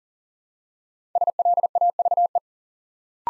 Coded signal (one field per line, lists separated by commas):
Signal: Morse code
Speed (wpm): 40 wpm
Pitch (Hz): 700 Hz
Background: none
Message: SLAVE